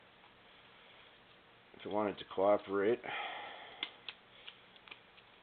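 The metal feed roller assembly plate of an old L.C. Smith & Bros. typewriter is being fitted under the paper tray while someone talks. Short, sharp ticks and taps from handling the part follow. Nothing has seated or clicked into place yet.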